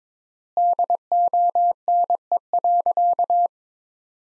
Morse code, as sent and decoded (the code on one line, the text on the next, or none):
-.. --- -. . .-.-.-
DONE.